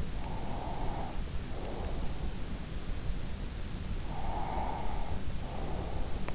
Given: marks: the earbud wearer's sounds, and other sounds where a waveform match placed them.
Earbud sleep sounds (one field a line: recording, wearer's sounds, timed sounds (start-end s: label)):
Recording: sounds in sleep by an in-ear microphone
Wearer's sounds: breath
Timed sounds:
0.03-2.31 s: breath
4.14-6.30 s: breath